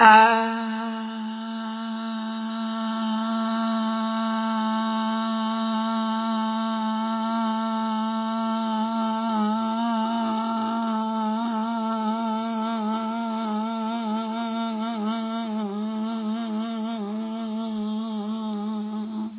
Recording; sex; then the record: sustained vowel /a/; female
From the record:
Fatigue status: no fatigue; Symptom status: symptomatic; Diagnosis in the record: COVID-19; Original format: 3gp